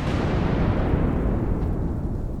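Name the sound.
loud thunderclap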